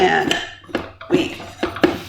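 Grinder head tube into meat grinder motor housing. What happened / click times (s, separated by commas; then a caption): Handled, not yet seated: a metal part is being fitted into its housing / none. Someone talks while a metal meat grinder head tube is handled and fitted into the grinder's motor housing at a 45-degree angle, ready to be twisted to lock. Brief knocks and clatters of handling are heard near 1.6 and 1.8 seconds. Nothing has seated or clicked yet.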